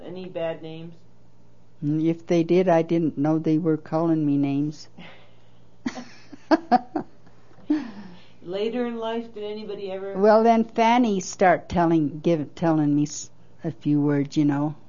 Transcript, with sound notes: Any bad names?
If they did I didn't know they were calling me names (laughs)
Later in life did anybody ever -
Well then Fannie start telling - giv—telling me s—a few words, you know.